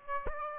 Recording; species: mosquito wingbeat signal from an infrared sensor; Aedes aegypti